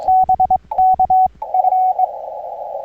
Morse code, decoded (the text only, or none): BK F